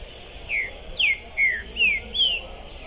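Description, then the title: Green-winged saltator song: five loud, clear whistled notes, each sliding downward, spaced about every half second. Captive bird singing at the entrance of a singing tournament, warming up for the contest; described as calling, singing and acting territorial ("macheando"); 2021; song style called "pistoleiro". "ESQUENTAR Seu TRINCA Piando, Cantando E Macheando Na DISPUTA. Esse TRINCA FERRO ficou POSSUÍDO na PORTA do TORNEIO! Trinca Ferro Pistoleiro 2021!"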